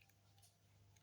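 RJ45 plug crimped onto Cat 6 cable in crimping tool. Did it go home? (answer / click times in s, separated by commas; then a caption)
no / none. An RJ45 plug on Cat 6 cable is handled in a hand crimping tool before being squeezed so the pin teeth bite into the wires. There are faint, soft handling sounds over a steady low hum, with a small tick at 0.0 s. Nothing has seated or clicked yet.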